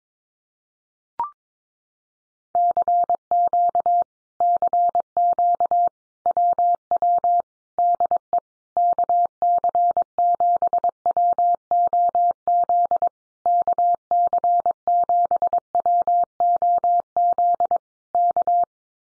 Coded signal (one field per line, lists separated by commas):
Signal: Morse code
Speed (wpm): 22 wpm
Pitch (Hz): 700 Hz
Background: none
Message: CQ CQ WW DE KC7WOZ KC7WOZ K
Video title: Common QSO Phrases Encore 22wpm